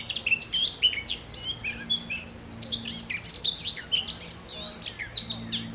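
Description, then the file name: Eurasian blackcap song, a steady flow of sweet slurred whistles and quick chattering notes, with a faint low hum in the background. "Sylvia atricapilla"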